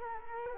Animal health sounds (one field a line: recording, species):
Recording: mosquito wingbeat signal from an infrared sensor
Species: Culex quinquefasciatus